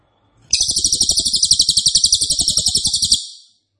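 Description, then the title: Cililin singing one long, loud, tightly packed high trill of rapid pulses, lasting about three seconds and fading at the end. Loud, dense, rapid-fire song ('nembak keras dan rapat'), presented as a favourite training recording (masteran) for oriental magpie-robin, leafbird and white-rumped shama. "Cililin NEMBAK KERAS dan RAPAT masteran murai batu cucak ijo dan kacer"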